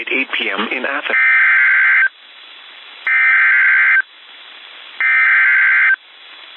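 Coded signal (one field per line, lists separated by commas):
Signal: Emergency Alert System (SAME) tones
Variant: header bursts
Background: speech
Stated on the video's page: Actual live recording of a severe thunderstorm warning with tones, captured by screen recording as it happened.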